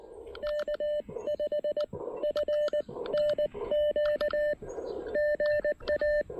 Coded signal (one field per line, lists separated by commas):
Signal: Morse code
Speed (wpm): 19 wpm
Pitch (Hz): 590 Hz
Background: none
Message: K5FNQ GA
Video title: Pairing the Elecraft KX1 and PackTenna 20M EFHW at South Mountains State Park!